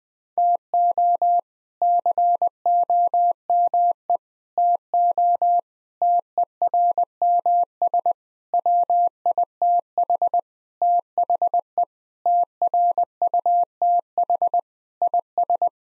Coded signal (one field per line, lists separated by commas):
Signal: Morse code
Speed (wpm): 20 wpm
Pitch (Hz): 700 Hz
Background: none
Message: TO COME TO TERMS WITH THE TRUTH IS